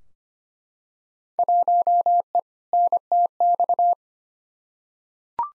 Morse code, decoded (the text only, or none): 1E NTX